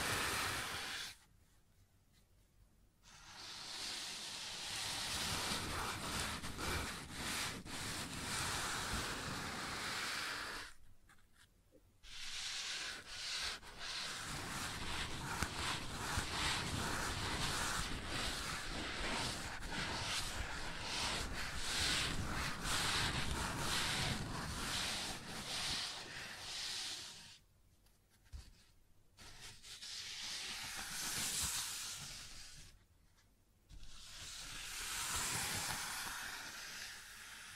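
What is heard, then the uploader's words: Rubbing and scratching sounds on a wooden surface come in long, dense, hissy strokes lasting several seconds each. Brief quiet gaps break them up, near 2, 11, 28 and 33 seconds, while fine crackly texture runs through each passage. ASMR Sounds on Wooden Surface (No Talking).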